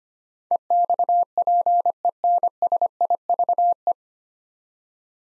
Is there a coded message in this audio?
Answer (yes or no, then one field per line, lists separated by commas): yes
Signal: Morse code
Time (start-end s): 0.5-3.9 s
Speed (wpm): 25 wpm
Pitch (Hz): 700 Hz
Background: none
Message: EXPENSIVE